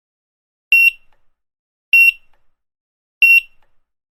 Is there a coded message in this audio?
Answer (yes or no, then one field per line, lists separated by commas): no